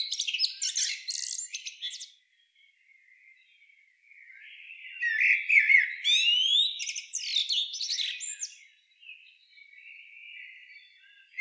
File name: Turdus merula